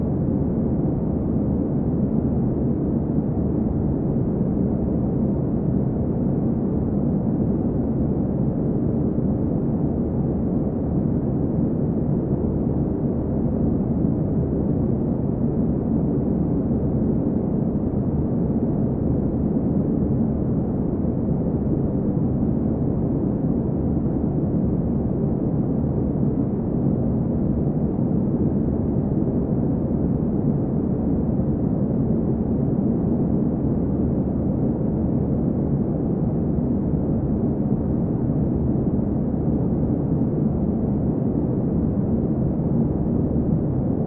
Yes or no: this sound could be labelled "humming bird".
no